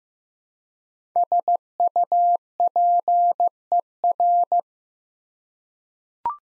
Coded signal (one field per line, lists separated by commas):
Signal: Morse code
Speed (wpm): 15 wpm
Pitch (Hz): 700 Hz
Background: none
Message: SUPER